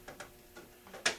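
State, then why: Seated. A styrene plastic kit part for an HO scale Walthers Northern Light & Power model building is bent slightly in the middle and pressed into its opening in the building wall. Two faint ticks come at 0.1 s and 0.2 s, then a sharper, louder pop at 1.1 s as the part seats into place. It sits right in there nicely.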